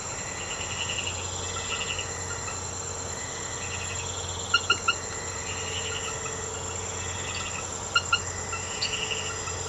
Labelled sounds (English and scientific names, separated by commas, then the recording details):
none
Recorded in secondary vegetation near Puerto Asís, Putumayo, Colombia, on 19 March 2025 at 00:00
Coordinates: 0.468, -76.324
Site G059